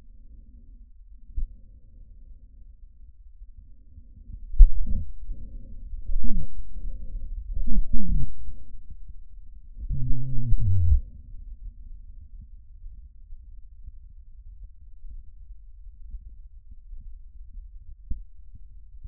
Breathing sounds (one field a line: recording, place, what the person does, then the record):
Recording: lung sounds by stethoscope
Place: trachea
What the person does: quiet breathing, then cough and speech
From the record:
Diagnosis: COPD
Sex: male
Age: 85 years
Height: 183 cm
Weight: 88 kg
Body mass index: 26.3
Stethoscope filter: bell mode